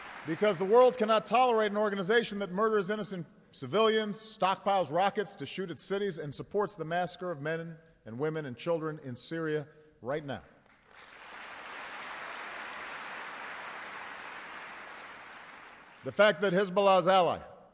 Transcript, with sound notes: Because the world cannot tolerate an organization that murders innocent civilians, stockpiles rockets to shoot at cities, and supports the massacre of men and women and children in Syria right now. (Applause.) The fact that Hizbollah’s ally --